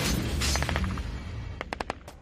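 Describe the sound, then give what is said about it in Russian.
Two short bursts of machine-gun fire from a tank's MG at figures running along a wall, each a rapid string of about five or six sharp cracks, over a steady low rumble. The second burst rings out louder and more sharply. “Шум ударил им вслед из МГ.”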